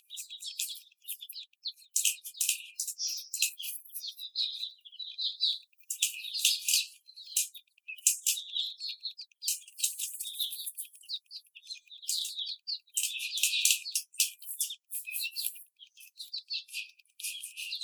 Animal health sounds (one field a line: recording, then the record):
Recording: young laying hens in a cage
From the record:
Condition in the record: after the stressor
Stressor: simulated dog barking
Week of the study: 4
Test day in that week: 2